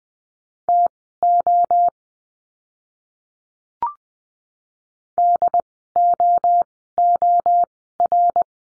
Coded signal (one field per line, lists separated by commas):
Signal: Morse code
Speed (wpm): 20 wpm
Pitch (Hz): 700 Hz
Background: none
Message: TO DOOR